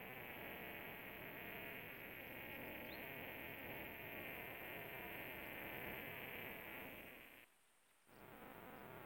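New Forest cicada song, a sustained high-pitched whine held steadily over background hiss, with a brief break of near-silence before it resumes.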